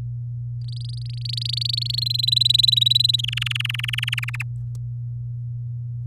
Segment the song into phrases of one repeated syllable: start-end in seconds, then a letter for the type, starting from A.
0.61-2.00 A, 2.02-3.21 B, 3.23-4.30 C, 4.33-4.43 D